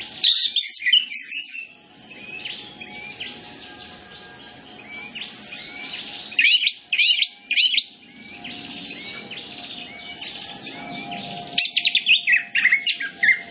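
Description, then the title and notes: Orange-headed Thrush song: loud bursts of quick, varied chirps and whistles alternating with softer rambling warbling, over a faint steady hum. Lure recording played to prompt Orange-headed Thrushes to sing quickly and fully; full song with 'isian', fill-in phrases. "Masteran Anis Kembang Full Isian Untuk Suara Pancingan Anis Kembang Agar Cepat Ngeplong. Suara Burung Anis Kembang"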